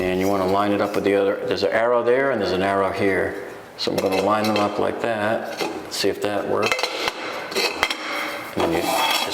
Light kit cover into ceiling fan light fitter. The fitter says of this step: turn it until it locks into place and that's all there is to it all right so